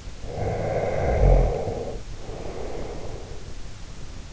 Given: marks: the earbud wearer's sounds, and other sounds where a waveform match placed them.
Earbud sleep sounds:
sounds in sleep by an in-ear microphone; snoring breath
0.09-3.56 s: snoring breath

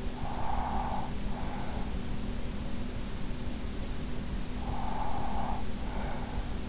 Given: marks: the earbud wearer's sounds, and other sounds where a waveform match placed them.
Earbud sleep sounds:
sounds in sleep by an in-ear microphone; breath
0.01-1.88 s: breath
4.47-6.69 s: breath

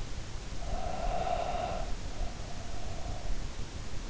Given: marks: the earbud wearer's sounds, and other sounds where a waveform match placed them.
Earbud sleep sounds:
sounds in sleep by an in-ear microphone; breath
0.49-3.44 s: breath

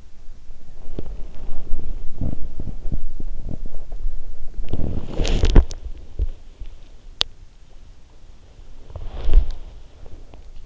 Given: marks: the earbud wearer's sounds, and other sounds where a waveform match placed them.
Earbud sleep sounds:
sounds in sleep by an in-ear microphone; body movement, swallowing
0.00-6.65 s: body movement
6.82-8.65 s: swallowing
8.56-10.66 s: body movement

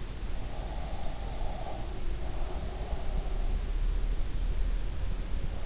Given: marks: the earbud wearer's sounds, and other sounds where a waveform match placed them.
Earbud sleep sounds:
sounds in sleep by an in-ear microphone; breath
0.42-3.42 s: breath

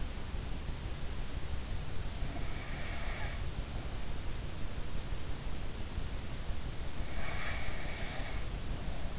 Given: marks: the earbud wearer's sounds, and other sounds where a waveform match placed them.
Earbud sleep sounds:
sounds in sleep by an in-ear microphone; snoring breath
2.25-4.17 s: snoring breath
6.97-9.19 s: snoring breath

